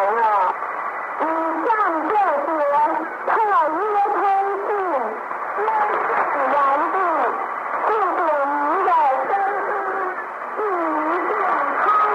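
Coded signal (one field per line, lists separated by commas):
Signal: numbers station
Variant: New Star Broadcasting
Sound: a voice over radio steadily reading syllables, apparently numbers, with a faint steady tone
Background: radio static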